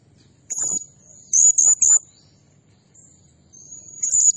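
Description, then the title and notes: Blue-crowned hanging parrot giving very high, thin, sharp notes: one burst, then three rapid notes in quick succession, and a final short burst near the end over faint low background hum. Tutor (masteran) and lure (pemikat) recording of an actively calling (gacor) bird, described as 'nembak' (shooting notes) and said to agitate all birds. "Burung Serindit Nembak Gacor Bikin Emosi Semua Burung. Suara Nasteran Dan Pemikat Burung Serinditan Gacor"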